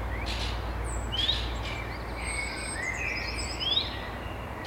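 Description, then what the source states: Bird song chorus: overlapping bright whistles, upslurred notes and quick high trills from several singers, with a constant low hum beneath. Song at dawn.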